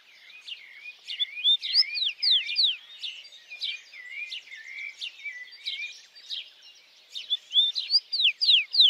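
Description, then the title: Several birds sing at once with curling whistles and sharp descending notes, the chorus swelling louder near the end. At dawn. "Pássaros Cantando No Amanhecer"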